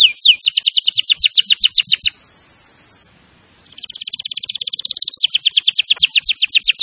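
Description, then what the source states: Canary singing fast repeated high chirps, then a hissing note and a short pause, before rapid buzzy trills resume to the end. Canary singing vigorously (gacor).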